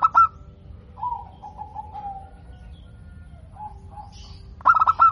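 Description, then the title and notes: Zebra dove song: a staccato cooing burst at the start, a gentle wavering trill in the middle, and another rapid burst of clipped coos at the end. Local-type perkutut, described as singing often (gacor) with a crystal-clear, loud voice. "PERKUTUT LOKAL GACOR Suara KRISTAL LANTANG. Kicau Burung Perkutut"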